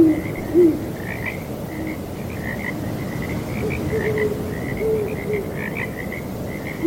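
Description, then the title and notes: Frogs croak in an overlapping chorus while owl hoots sound near the start and end. Frogs calling on a breezy night alongside hooting owls. "Owls Hooting and Frogs on Breezy Night. Sleep and Relaxation Podcast"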